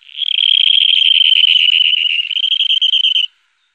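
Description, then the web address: Dunlin call: a fast, buzzy, rattling trill held for about three seconds, slightly wavering in pitch, then cutting off. "Songs of Birds of North America. Dunlin"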